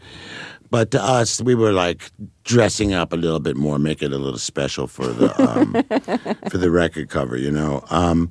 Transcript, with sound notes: But to us, we were, like, dressing up a little bit more, make it a little special for the...
(Laughter).
For the record cover, you know?